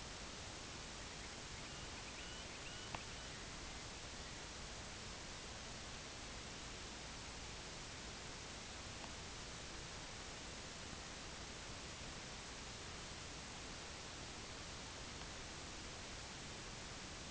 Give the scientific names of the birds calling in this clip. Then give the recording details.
Calidris maritima. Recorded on Arctic tundra, site IGLO-D, on 16 June 2018. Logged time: 12:00